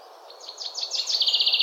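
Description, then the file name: Common Chaffinch song opening with spaced downslurred notes that speed up into a rapid, steady rattle. "Fringilla coelebs"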